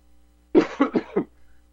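A rapid run of four short, harsh coughs within under a second, from an adult man still suffering from respiratory distress, about three weeks into a COVID illness.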